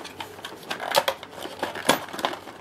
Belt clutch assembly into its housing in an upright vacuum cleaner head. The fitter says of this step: firmly until it clicks in that can be a little bit tricky but when you've done a few you soon learn how to do that so